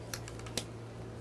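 After being widened into the double position, the frame lock latch on a Bugaboo Donkey convertible double stroller is relocked, its plastic/metal latch closing with a sharp click at 0.6 s. A similar sharp tick comes at 0.1 s, with fainter small taps between them. The first frame latch is seated shut.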